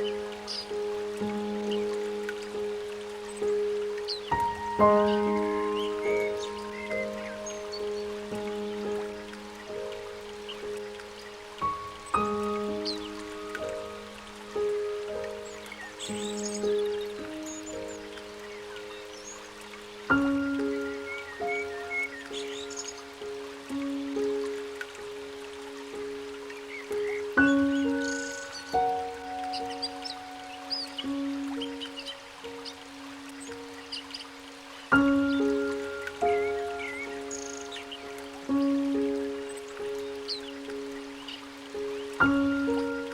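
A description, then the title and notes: Gentle piano chords ring and change roughly every seven seconds over a soft, steady river murmur, with faint scattered bird chirps above. Relaxing Nature Sounds With Gentle Piano Music ( River, Birds Singing ).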